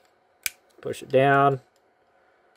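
A sharp tap sounds as the trigger bar cruciform in a Glock pistol's trigger housing is handled and pushed down, while someone talks. Nothing has seated or clicked yet; the part is handled but not yet home.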